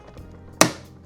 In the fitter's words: It'll click into place just like that.